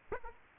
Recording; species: mosquito wingbeat signal from an infrared sensor; Aedes aegypti